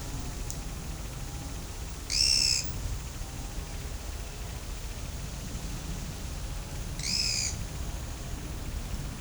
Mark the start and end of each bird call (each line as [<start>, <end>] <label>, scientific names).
[2.09, 2.64] Atalotriccus pilaris
[6.96, 7.57] Atalotriccus pilaris